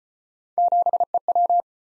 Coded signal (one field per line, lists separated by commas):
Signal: Morse code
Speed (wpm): 37 wpm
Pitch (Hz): 700 Hz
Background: none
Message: 7EW